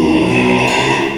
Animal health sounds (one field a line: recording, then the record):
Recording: squeal of a Yucatan mini pig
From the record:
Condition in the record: after surgery on the right vocal fold (resection and tissue-engineered implant)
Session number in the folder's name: 1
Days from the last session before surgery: 6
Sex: male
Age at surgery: 12 weeks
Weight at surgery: 13 kg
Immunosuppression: cyclosporine, prednisolone